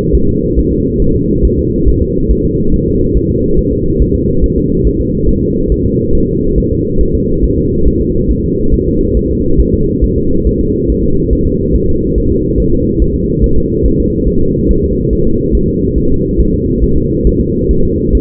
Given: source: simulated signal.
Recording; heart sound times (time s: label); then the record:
fetal heart sounds
0.15 s: S1
0.29 s: S2
0.59 s: S1
0.73 s: S2
1.02 s: S1
1.16 s: S2
1.45 s: S1
1.59 s: S2
1.88 s: S1
2.02 s: S2
2.31 s: S1
2.45 s: S2
2.74 s: S1
2.88 s: S2
3.17 s: S1
3.31 s: S2
3.59 s: S1
3.73 s: S2
4.02 s: S1
4.16 s: S2
4.44 s: S1
4.58 s: S2
4.87 s: S1
5.01 s: S2
5.29 s: S1
5.43 s: S2
5.72 s: S1
5.86 s: S2
6.15 s: S1
6.29 s: S2
6.58 s: S1
6.72 s: S2
7.01 s: S1
7.15 s: S2
7.44 s: S1
7.58 s: S2
7.87 s: S1
8.01 s: S2
8.30 s: S1
8.44 s: S2
8.74 s: S1
8.88 s: S2
9.17 s: S1
9.31 s: S2
9.60 s: S1
9.74 s: S2
10.04 s: S1
10.18 s: S2
10.47 s: S1
10.61 s: S2
10.90 s: S1
11.04 s: S2
11.33 s: S1
11.47 s: S2
11.75 s: S1
11.89 s: S2
12.18 s: S1
12.32 s: S2
12.60 s: S1
12.74 s: S2
13.02 s: S1
13.16 s: S2
13.44 s: S1
13.58 s: S2
13.86 s: S1
14.00 s: S2
14.28 s: S1
14.42 s: S2
14.71 s: S1
14.85 s: S2
15.13 s: S1
15.27 s: S2
15.55 s: S1
15.69 s: S2
15.98 s: S1
16.12 s: S2
16.40 s: S1
16.54 s: S2
16.84 s: S1
16.98 s: S2
17.27 s: S1
17.41 s: S2
17.71 s: S1
17.85 s: S2
18.15 s: S1
From the record:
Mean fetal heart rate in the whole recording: 140 bpm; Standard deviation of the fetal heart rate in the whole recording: 2 bpm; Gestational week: 34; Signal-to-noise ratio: -16.4 dB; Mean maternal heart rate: 72 bpm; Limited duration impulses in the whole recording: present